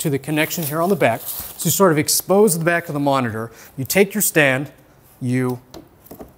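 Someone talks while handling the pre-assembled, tool-less stand for the VP3481a 34-inch ultra-wide curved monitor, lining it up with the quick-release mount on the back of the monitor. Two faint, brief taps sound near 6.1 s, but the stand has not yet clicked into the mount, and nothing has seated.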